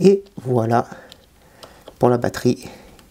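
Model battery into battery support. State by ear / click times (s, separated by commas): not seated / none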